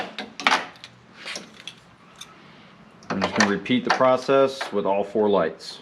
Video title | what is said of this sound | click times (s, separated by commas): Toyota 4Runner Raptor Light Installation - Trail Grid Pro | and these literally just pop into place i'm just | 0.5 s